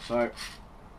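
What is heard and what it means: A primer is being handled at the primer pocket of a brass cartridge case with a priming tool, and someone talks briefly at the start. A soft rustling, rubbing sound follows around 0.4 seconds, then quiet handling noise. Nothing has seated or clicked yet.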